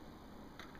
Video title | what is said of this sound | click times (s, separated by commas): Multiple Sclerosis & COPAXONE & the 7 Injection Sights | push it into this orange side until it snaps all the way and you'll hear a click. | 0.6 s